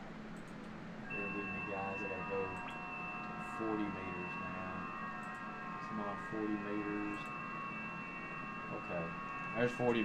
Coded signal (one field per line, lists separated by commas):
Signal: FT8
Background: speech